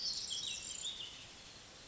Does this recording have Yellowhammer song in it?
no